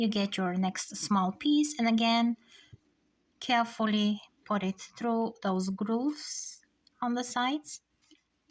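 Someone talks while feeding a small fabric strip through the side grooves of a Ceoighe plastic fabric tube maker, used for fabric roll rugs and jelly roll bias tape. Only faint handling ticks are heard near the end. The lid has not yet closed onto its base, so nothing has clicked or seated.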